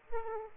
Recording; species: mosquito wingbeat signal from an infrared sensor; Aedes aegypti